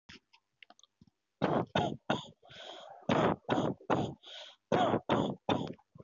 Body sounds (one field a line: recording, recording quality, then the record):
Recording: shallow voluntary cough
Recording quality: moderate, slight background noise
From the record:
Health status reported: healthy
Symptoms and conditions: none ticked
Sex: male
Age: 24 years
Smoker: not ticked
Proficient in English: yes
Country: India